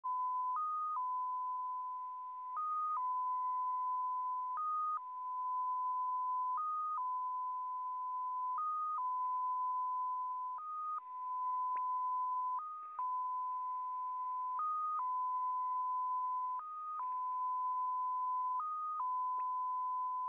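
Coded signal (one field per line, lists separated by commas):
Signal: numbers station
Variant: XPA2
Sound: steady tone near 1 kHz, jumping briefly higher about every two seconds, ten times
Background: faint radio static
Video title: XPA2, 14:40 14828 kHz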